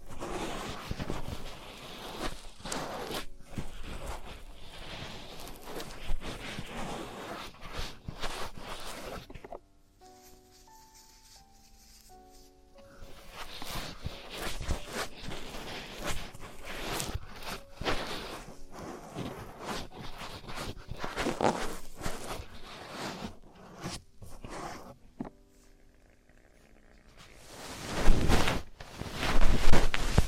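Traditional Chinese ear cleaning: dense scraping and rustling tools, a quiet tonal pause near ten seconds, then louder crackling rubs near the end.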